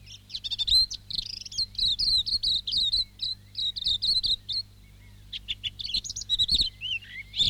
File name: silvereye song